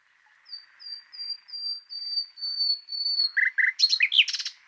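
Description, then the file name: Common nightingale: a series of pure, level whistles swelling in loudness, followed by a quick burst of harsh, chattering and rattling notes. "Luscinia megarhynchos"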